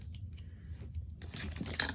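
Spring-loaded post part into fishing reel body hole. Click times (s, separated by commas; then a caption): 1.8 s. While an Okuma Avenger ABF65 spinning reel is being reassembled during service, a stiffly sprung part is slid back into the reel body and shifted until its small post lines up with its hole. Quiet rubbing and low rumble give way to louder scraping and small ticks from about 1.3 s. The post drops into the hole and seats with the sharpest, loudest click at 1.8 s.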